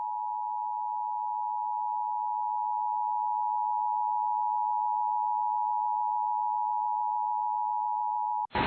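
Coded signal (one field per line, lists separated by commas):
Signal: Emergency Alert System (SAME) tones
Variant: 853 and 960 Hz attention tone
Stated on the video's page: National EAS Test carried by a local digital television station, conducted in the wrong sequence.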